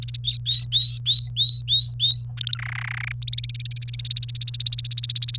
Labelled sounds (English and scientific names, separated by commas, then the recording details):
Domestic Canary (Serinus canaria) song
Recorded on 28 April 2018 at 18:01
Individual llb3